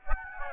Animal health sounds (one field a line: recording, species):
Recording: mosquito wingbeat signal from an infrared sensor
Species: Aedes aegypti